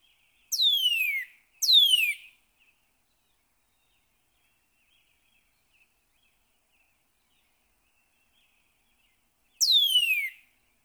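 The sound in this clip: Northern cardinal song: loud, clear whistles sliding steeply downward, two given back to back near the start, then a long pause before a third matching slurred whistle.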